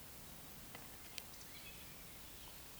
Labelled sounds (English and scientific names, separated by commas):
Eurasian Woodcock (Scolopax rusticola) whistle, Eurasian Woodcock (Scolopax rusticola) croak